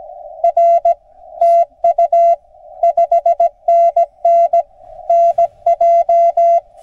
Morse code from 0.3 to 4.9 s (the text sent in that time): R TU 5NN